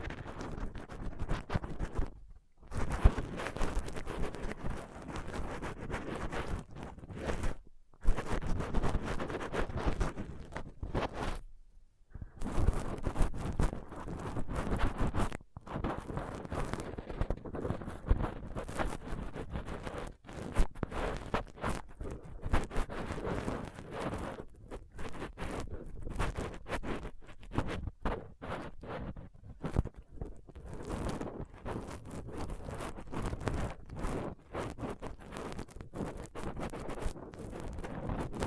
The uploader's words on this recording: ASMR Rough Mic Picking using Dental PickTweezersCotton Swab (No Talking).